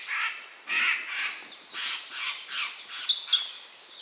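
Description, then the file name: Eurasian jay giving a run of hoarse, rasping screeches. "Garrulus glandarius"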